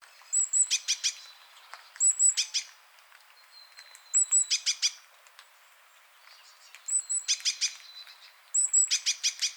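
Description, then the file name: Great tit calls: clipped high notes, each followed by a rattling chatter of about five harsh notes, repeated roughly every two seconds, with faint thin whistles between bursts. "Parus major"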